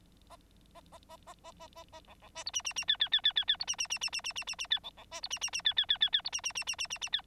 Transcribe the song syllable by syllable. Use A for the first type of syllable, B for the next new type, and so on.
A A A A A A A A B B C D E E E F F F F F F D E E E E E E E E E F B B C D E E E F F F F F D E E E E E E E F